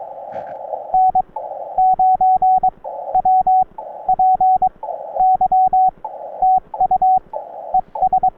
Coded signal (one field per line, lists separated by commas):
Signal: Morse code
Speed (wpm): 22 wpm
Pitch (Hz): 750 Hz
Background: radio noise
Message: N9WPY TU ES